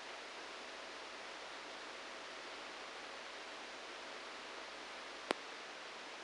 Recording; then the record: brain microelectrode recording played as sound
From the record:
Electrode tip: outside the subthalamic nucleus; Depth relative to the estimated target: 0 mm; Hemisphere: right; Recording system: NeuroSet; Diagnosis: Parkinson's disease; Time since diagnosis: 9 years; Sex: male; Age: 56 years